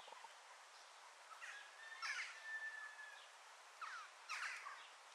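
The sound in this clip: Birds calling: scattered sharp chirps and short bursts, with a long steady whistled note near the middle, over a constant hiss of background noise.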